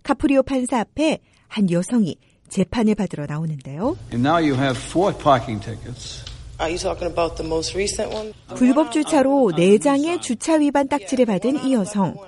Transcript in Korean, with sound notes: 카프리오 판사 앞에 한 여성이 재판을 받으러 나옵니다. [현장음: 교통 범칙금 재판 현장] 불법주차로 4장의 주차위반 딱지를 받은 이 여성.